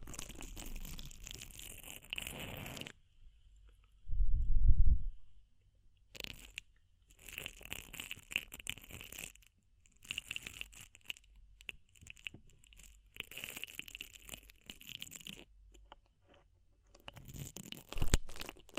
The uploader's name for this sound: DEEP Ear Penetrating Cleaning